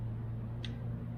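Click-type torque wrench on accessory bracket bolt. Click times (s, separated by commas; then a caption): 0.6 s. A click-type torque wrench tightens an accessory bracket bolt to 11 ft-lb on an LS classic accessory setup for an LS swap into a 1970–1981 GM F-body. A steady low hum runs underneath, and a single sharp click comes at 0.6 s. The wrench clicks at its setting, confirming the bolt is torqued.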